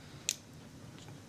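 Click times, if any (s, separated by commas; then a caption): 0.3 s. A magnetic charging cable connector, plugged into regular USB on the other end, is brought to the charging port on the back of a LASERSPEED weapon light. It snaps on magnetically with a sharp, bright click at 0.3 s, followed by a faint, softer tick near 1.0 s over low background hum. The connector seats in place and is keyed so it cannot go on backwards and charge the wrong way.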